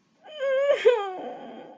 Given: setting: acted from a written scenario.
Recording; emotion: vocal sound without words; sadness